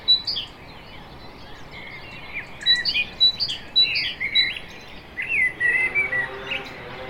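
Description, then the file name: Common blackbird, fluty warbling phrases low in pitch, alongside a rapid series of sharp high notes about twice a second from another bird, with steady background hiss. "Turdus merula"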